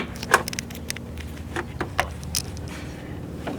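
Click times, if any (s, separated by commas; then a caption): 0.3 s. A plastic coolant hose quick-connect fitting is pushed onto the port of a new radiator on an E90 BMW 328i (E9x, 325i, 330i family) and snaps into place with a sharp click at 0.3 s. Lighter plastic ticks and handling knocks follow over a low background hum. The connector is seated.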